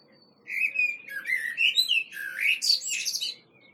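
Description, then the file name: Common blackbird singing one rich phrase of mellow, warbled whistles that slide up and down, ending in a sharp squeaky twitter, with a faint low hum beneath. "Turdus merula"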